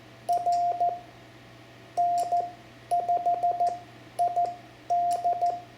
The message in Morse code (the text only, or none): R N5ID